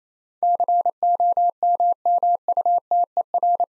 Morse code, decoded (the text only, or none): COMMUTER